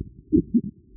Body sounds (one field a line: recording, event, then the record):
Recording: neck accelerometer signal played as sound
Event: voluntary cough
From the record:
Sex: female